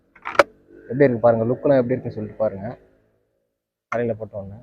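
A plastic flip-up chin bar on a motorcycle helmet is closed into the helmet shell and locks in place with a sharp click at 0.4 s, after softer ticks at about 0.2 and 0.3 s. Someone then talks from about 0.9 to 2.8 s and again from 3.9 s to the end. The chin bar is locked fully and will not come back out.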